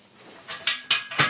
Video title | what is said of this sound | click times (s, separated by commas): Unboxing And assembling a Trolley | Oops! Ayan, nakalock na siya. | 0.9 s